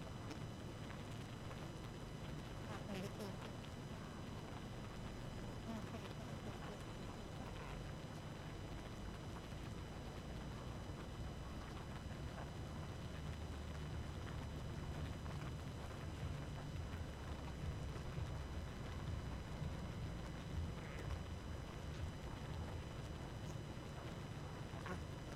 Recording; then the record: honeybee colony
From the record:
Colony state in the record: active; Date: 12 June 2018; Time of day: 22:48